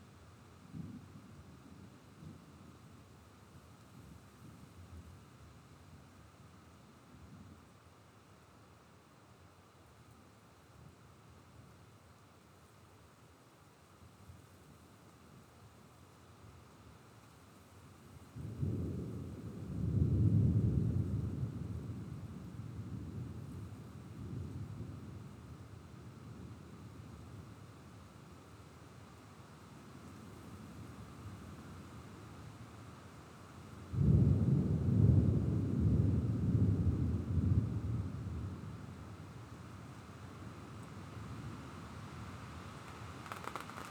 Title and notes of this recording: Sounds of a Thunderstorm. I recorded an approaching thunderstorm from Jerome's Town